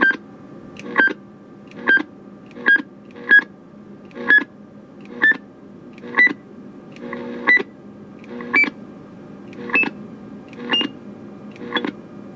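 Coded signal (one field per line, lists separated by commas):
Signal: roger beep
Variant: Galaxy DX 959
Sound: about 12 short beeps, each bracketed by key clicks, pitch stepping higher over time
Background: low radio hum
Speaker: that's about as high as you can go with it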